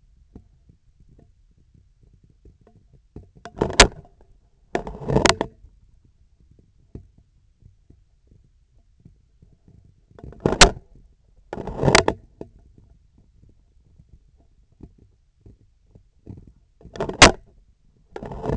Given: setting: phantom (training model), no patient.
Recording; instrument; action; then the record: laparoscopic instrument, vibration sensor on the handle end; scissors; opening and closing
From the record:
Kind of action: tool actuation without material contact